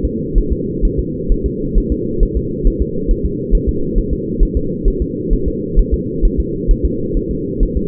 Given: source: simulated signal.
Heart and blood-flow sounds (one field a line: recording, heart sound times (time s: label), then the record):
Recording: fetal heart sounds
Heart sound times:
0.05 s: S2
0.38 s: S1
0.52 s: S2
0.85 s: S1
0.99 s: S2
1.32 s: S1
1.46 s: S2
1.78 s: S1
1.92 s: S2
2.23 s: S1
2.37 s: S2
2.67 s: S1
2.82 s: S2
3.11 s: S1
3.25 s: S2
3.55 s: S1
3.69 s: S2
3.98 s: S1
4.13 s: S2
4.43 s: S1
4.57 s: S2
4.88 s: S1
5.02 s: S2
5.33 s: S1
5.48 s: S2
5.79 s: S1
5.94 s: S2
6.25 s: S1
6.40 s: S2
6.71 s: S1
6.85 s: S2
7.17 s: S1
7.31 s: S2
7.63 s: S1
7.77 s: S2
From the record:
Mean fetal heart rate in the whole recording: 130 bpm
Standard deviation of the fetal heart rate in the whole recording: 4 bpm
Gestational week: 38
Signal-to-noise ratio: -6.6 dB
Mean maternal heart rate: 72 bpm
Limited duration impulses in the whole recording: present